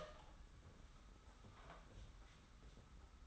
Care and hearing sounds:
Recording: daily activity, microphone in the room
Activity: open door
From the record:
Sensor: 3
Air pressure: 991.6 hPa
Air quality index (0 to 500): 140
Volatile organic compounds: 308 ppm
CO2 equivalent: 4498 ppm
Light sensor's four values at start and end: 41/116/47/41 and 41/116/47/41

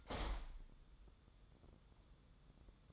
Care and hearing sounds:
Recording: daily activity, microphone in the room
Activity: open window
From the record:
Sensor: 3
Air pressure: 1004.8 hPa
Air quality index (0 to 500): 102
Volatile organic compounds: 4 ppm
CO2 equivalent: 1598 ppm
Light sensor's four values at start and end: 7/16/6/6 and 7/17/6/6

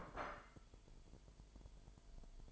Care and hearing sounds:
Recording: daily activity, microphone in the room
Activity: place plate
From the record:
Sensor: 5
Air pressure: 1002.1 hPa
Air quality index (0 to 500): 225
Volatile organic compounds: 29 ppm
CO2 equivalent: 2926 ppm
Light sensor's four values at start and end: 10/24/10/11 and 10/24/10/11

